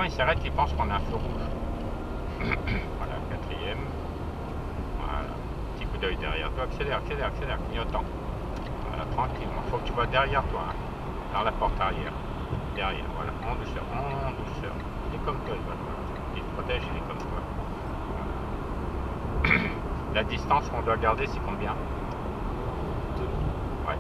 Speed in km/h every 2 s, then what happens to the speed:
63, 65, 63, 64, 72, 73, 73, 73, 74, 76, 76, 75.
0-5 steady at about 63. 5-9 speeds up to 73. 9-24 steady at about 74.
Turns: none.